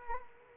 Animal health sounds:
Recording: mosquito wingbeat signal from an infrared sensor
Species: Culex quinquefasciatus

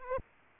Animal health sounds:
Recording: mosquito wingbeat signal from an infrared sensor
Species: Aedes aegypti

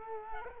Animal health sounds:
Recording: mosquito wingbeat signal from an infrared sensor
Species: Culex quinquefasciatus

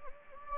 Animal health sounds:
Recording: mosquito wingbeat signal from an infrared sensor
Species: Anopheles gambiae

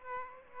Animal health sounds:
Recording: mosquito wingbeat signal from an infrared sensor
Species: Aedes aegypti

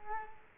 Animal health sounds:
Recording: mosquito wingbeat signal from an infrared sensor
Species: Culex quinquefasciatus

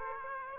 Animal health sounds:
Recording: mosquito wingbeat signal from an infrared sensor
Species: Aedes aegypti

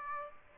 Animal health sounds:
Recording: mosquito wingbeat signal from an infrared sensor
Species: Aedes aegypti

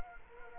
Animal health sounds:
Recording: mosquito wingbeat signal from an infrared sensor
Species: Culex quinquefasciatus

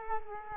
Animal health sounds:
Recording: mosquito wingbeat signal from an infrared sensor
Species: Culex quinquefasciatus

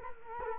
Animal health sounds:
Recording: mosquito wingbeat signal from an infrared sensor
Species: Culex quinquefasciatus

